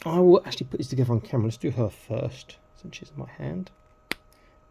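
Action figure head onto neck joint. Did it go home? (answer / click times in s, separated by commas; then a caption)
yes / 4.1 s. Someone talks while pushing the plastic head of a 1:18 scale action figure onto its neck peg. At 4.1 s a single sharp snap is heard as the head clicks and seats firmly onto the neck joint.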